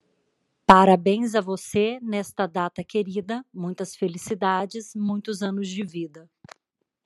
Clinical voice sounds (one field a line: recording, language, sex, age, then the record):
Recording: short text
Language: Brazilian Portuguese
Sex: female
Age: 30 to 39 years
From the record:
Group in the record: control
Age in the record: 38 years